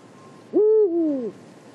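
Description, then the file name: Eurasian eagle-owl uttering one booming hoot about three-quarters of a second long, starting steady and dropping in pitch midway, against a soft, even background. Recorded at Marianka, Slovakia, in 2012. "Bubo Bubo Marianka Slovakia 2012"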